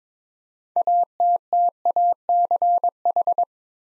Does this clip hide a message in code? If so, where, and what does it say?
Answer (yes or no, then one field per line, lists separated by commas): yes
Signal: Morse code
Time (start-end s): 0.8-3.4 s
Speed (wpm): 22 wpm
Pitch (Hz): 700 Hz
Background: none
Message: ATTACH